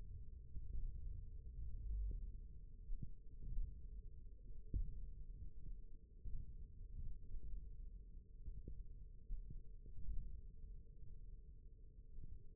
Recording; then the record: forearm muscle sounds (acoustic myography)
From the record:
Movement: thumb flexion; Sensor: system 1, eight BSWA MPA416 microphones around the upper forearm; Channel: 2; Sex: male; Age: 20 years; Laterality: left